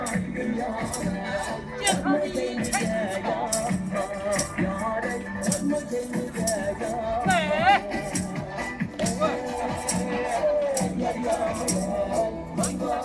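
Square dancing in a railway park in Harbin: loud, steady dance music plays throughout with a regular beat and a wavering melody line. Voices and crowd chatter mix in underneath, and the level stays fairly even across the whole stretch.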